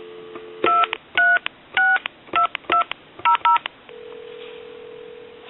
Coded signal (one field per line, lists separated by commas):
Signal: DTMF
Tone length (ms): 130 ms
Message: 2362200